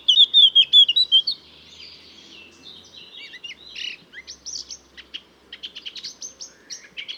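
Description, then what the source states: Bird singing: a quick run of bright whistled notes, then a varied jumble of high buzzy and chirping notes. Recorded on Mallorca; song described as lacking repeated motifs.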